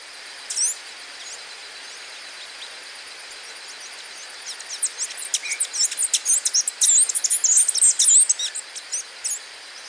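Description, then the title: Bird song: high, thin chirps and quick twittering notes, sparse at first, then a rapid burst of repeated sharp tweets over steady faint hiss. "LuckyPassaro Completos2Sama"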